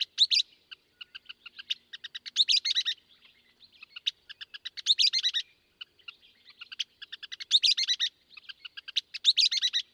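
Western kingbird giving loose series of high kip notes, each building into a twittering, sputtering burst, roughly every two and a half seconds.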